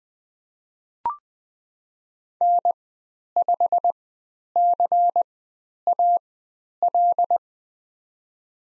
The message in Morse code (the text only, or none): N5CAL